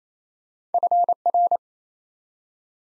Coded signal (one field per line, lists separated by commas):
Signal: Morse code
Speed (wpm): 27 wpm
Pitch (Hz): 700 Hz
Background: none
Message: FR